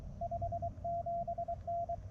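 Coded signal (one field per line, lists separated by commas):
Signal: Morse code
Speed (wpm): 23 wpm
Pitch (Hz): 690 Hz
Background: radio noise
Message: 57N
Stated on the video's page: QRP CW parks-on-the-air activation, sent with a mini paddle on an MTR-4B transceiver into a random wire antenna with balun and tuner.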